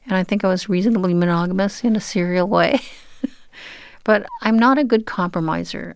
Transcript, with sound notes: And I think I was reasonably monogamous in a serial way. (laughter) But I'm not a good compromiser.